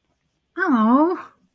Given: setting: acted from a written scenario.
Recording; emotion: vocal sound without words; disappointment